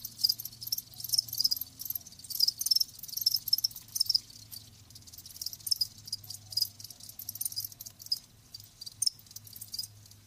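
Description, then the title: Crickets chirping in a dense high-pitched chorus, overlapping trills with short pulsed bursts throughout, and a faint low steady hum underneath. Live crickets chirping. "Live Crickets Chirping"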